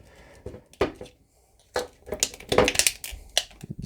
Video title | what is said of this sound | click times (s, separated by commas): Dc Multiverse Arkham City Solomon Grundy Wave, Catwoman, Penguin, Batman and Ra's Al Ghul | there we go I heard it snap he's in there let's grab his little head | 3.4 s